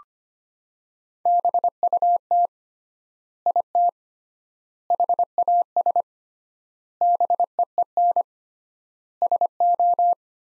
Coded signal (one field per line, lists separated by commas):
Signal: Morse code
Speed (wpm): 25 wpm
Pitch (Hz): 700 Hz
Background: none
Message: BUT IT HAS BEEN SO